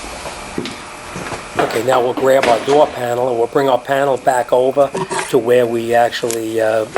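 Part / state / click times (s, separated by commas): plastic retaining tabs into the door inner panel / seated / 0.7 s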